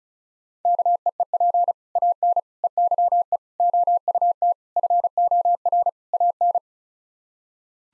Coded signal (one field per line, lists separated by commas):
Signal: Morse code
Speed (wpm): 34 wpm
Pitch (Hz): 700 Hz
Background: none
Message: KEEP AN EYE OUT FOR AN